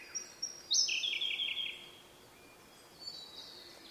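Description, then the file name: Blue-and-white flycatcher song: a high whistle sliding into a loud, slightly buzzy run of repeated notes lasting about a second, then quieter whistles. "oruri"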